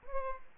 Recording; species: mosquito wingbeat signal from an infrared sensor; Aedes aegypti